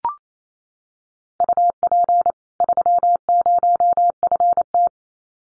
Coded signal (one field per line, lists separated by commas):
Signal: Morse code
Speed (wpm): 28 wpm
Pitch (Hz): 700 Hz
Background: none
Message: UP 30FT